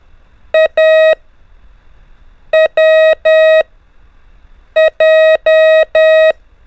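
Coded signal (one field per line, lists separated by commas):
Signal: Morse code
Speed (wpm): 10 wpm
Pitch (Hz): 630 Hz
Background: none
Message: A W J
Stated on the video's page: Morse code lesson on letters A, W and J with increasing speed.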